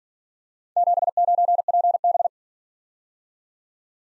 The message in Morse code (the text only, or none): 79PB